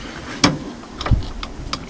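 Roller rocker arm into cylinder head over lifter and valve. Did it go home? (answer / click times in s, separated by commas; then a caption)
yes / 0.4 s. A roller rocker arm (roller follower) is pushed back into place over the hydraulic lifter and valve stem in the cylinder head of a 4.6L/5.4L Ford modular engine. It clicks onto the lifter and valve at 0.4 s with a sharp, bright snap, followed by a low thud near 1.1 s and a lighter tick around 1.7 s. The rocker arm is seated.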